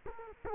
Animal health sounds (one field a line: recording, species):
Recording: mosquito wingbeat signal from an infrared sensor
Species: Culex quinquefasciatus